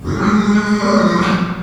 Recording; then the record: squeal of a Yucatan mini pig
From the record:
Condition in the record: after surgery on the right vocal fold (resection and tissue-engineered implant); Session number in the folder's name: 15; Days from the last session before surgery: 175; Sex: female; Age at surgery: 19 weeks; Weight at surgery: 25 kg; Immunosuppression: prednisolone